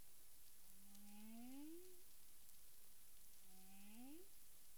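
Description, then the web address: Humpback whale calls, two rising moans with bright overtones, each swelling upward over about a second, set against steady background hiss. 9 April 2002, 18:48 UTC. "CARIMAM humpback whale 20020409 184853 UTC"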